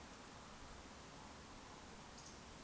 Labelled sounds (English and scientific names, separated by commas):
Eurasian Woodcock (Scolopax rusticola) whistle, Eurasian Woodcock (Scolopax rusticola) croak